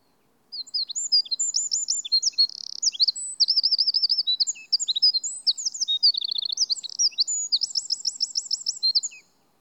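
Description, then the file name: Eurasian wren song, an extended burst of very high, fast notes mixing sharp chips, rattling trills and a rolling flourish over nearly nine seconds. "Troglodytes troglodytes"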